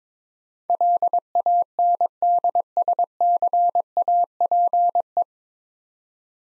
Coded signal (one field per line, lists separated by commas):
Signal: Morse code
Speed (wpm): 22 wpm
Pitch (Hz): 700 Hz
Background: none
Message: LANDSCAPE